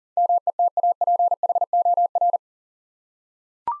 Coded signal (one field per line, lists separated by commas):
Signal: Morse code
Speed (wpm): 39 wpm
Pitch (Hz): 700 Hz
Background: none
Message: METAPHOR